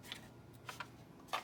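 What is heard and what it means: A plastic tread track piece is handled and pressed onto a vintage-style toy tank vehicle, giving a few light plastic ticks and rustles around 0.1, 0.7, 0.8 and 1.3 seconds over a quiet background. Nothing has snapped into place yet.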